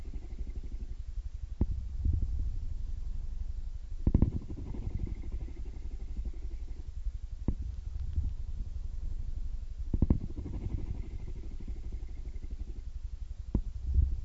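Kittens purr in a steady, low, rapid rumble that pulses in long swells, growing fuller around 2, 4 to 5, and 10 seconds. Brief sharp clicks break through about every two to three seconds, with a faint thin whine running through the middle.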